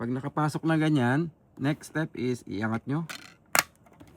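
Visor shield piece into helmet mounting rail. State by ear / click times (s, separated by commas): seated / 3.6 s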